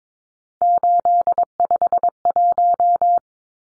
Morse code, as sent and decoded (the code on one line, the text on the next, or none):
---.. ..... .----
851